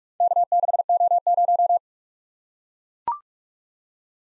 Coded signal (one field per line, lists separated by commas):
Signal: Morse code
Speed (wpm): 44 wpm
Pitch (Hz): 700 Hz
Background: none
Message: K6O0